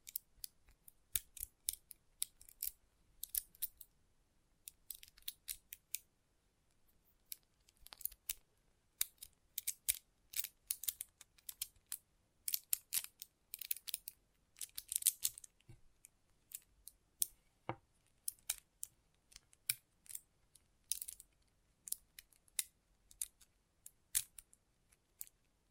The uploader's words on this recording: ASMR Intense Magnetic Tingles (No Talking).